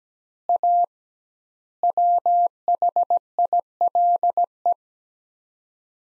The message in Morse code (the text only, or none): A WHILE